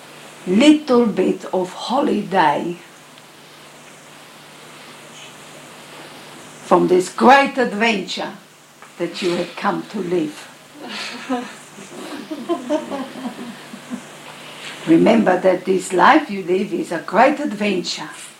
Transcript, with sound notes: little bit of holiday from this great adventure that you have come to live. (Laughter it was hard to imagine how our lives could be an adventure.) Remember that this life that you live is a great adventure